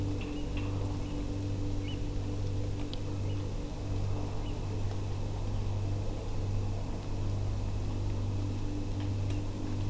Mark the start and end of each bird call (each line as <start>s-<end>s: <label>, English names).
0.35s-0.43s: Eurasian Oystercatcher
1.01s-1.13s: Eurasian Oystercatcher
1.84s-1.95s: Eurasian Oystercatcher
3.25s-3.36s: Eurasian Oystercatcher
4.42s-4.51s: Eurasian Oystercatcher
9.28s-9.39s: Eurasian Oystercatcher